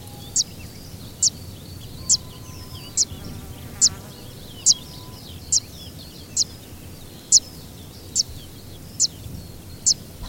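Fan-tailed warbler repeating thin, sharp 'zit' notes at a regular pace of about one per second.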